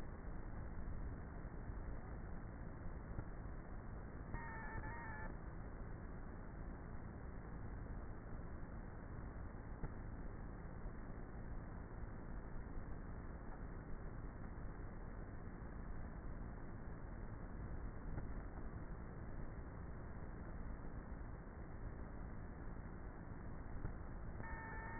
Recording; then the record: honeybee colony, microphone inside the hive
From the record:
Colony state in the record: queenless with a low population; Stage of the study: before two queens were removed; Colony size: about 30,000 bees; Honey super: no